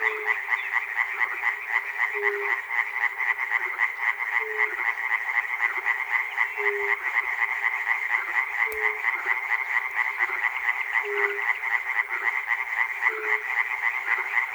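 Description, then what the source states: Frogs croaking continuously in a thick chorus, rapid pulses throughout, while a lower short note recurs about every two seconds and a sharp click sounds midway. Frogs recorded at Chernobyl.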